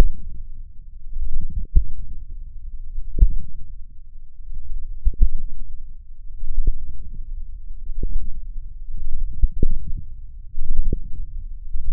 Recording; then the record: forearm muscle sounds (acoustic myography)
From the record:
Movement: wrist extension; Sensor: system 1, eight BSWA MPA416 microphones around the upper forearm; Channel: 8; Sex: male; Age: 20 years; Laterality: left